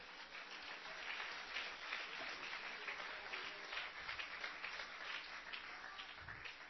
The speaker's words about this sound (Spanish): Dale un aplauso a Cristo y sigo.